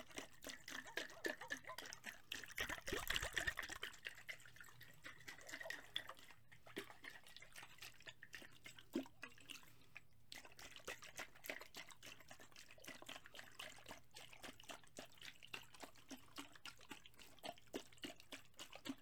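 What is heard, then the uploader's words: Foamy liquid fizzes and crackles in dense, fine pops throughout, with a louder sloshing burst near three seconds and a faint low hum underneath. ASMR Liquid Shaking Heaven. Foamy liquid sounds.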